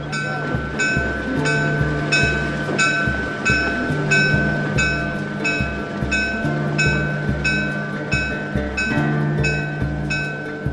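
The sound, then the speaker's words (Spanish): A train rolls steadily along the rails of a railway line that has just begun running to the Sol y Verde neighbourhood station, its wheels clacking over the joints in a regular rhythm above a continuous low rumble and metallic ringing, with no voices. “hoy finalmente, después de mucha ansiedad, mucha espera, muchos años de lucha, comenzó a funcionar el ferrocarril, comenzó a funcionar la estación del barrio Sol y Verde.”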